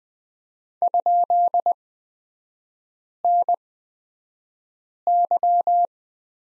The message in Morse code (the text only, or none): ?NY